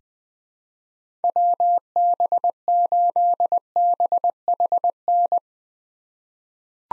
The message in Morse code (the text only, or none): WB8BHN